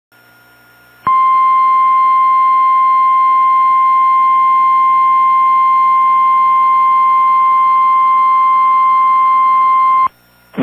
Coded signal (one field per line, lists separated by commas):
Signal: Emergency Alert System (SAME) tones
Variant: 1050 Hz attention tone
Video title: Trouble Brews In Louisiana... | EAS Alerts from 12/13/2022 (EAS #2046-2050)